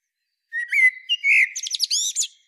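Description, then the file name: Common blackbird song phrase: a few low clear whistled notes, then a burst of high, squeaky, rapid twittering notes at the end; otherwise quiet. "Turdus merula"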